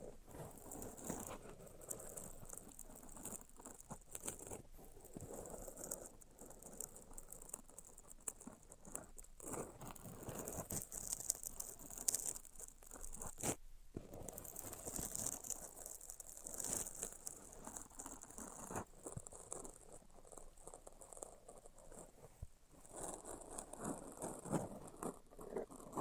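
Tapping, scratching and tracing sounds run through the whole stretch as a dense, continuous texture of small clicks and rubbing strokes. The scratching carries a bright, hissy edge, with sharper taps scattered irregularly and a brief dip near thirteen seconds.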